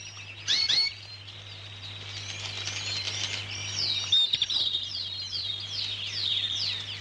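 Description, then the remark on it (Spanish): Several small birds chirp and sing nonstop in quick, high-pitched, overlapping bursts, with a steady low hum running underneath and no voices. “No oye nada, pero le encanta ver cantar a los pájaros, igual que a Beethoven.”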